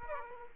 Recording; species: mosquito wingbeat signal from an infrared sensor; Aedes aegypti